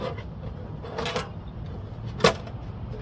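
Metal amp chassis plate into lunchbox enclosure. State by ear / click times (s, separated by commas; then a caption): not seated / none. A metal amplifier chassis plate is pressed by hand into a metal lunchbox enclosure as a tight fit. Low handling rumble runs throughout, with a brief scraping burst near 1.1 s and a sharper metallic knock at about 2.2 s. Nothing has seated or clicked into place yet.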